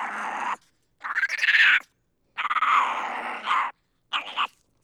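Monkey producing harsh screeching calls with a coarse, grating quality, some rising then falling, in four bursts with short pauses between.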